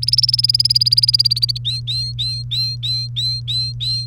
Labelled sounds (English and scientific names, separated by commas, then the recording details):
Domestic Canary (Serinus canaria) song
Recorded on 1 May 2018 at 09:46
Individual llb3